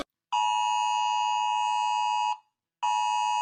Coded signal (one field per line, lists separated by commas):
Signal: Emergency Alert System (SAME) tones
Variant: 853 and 960 Hz attention tone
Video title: rating eas alarm part 1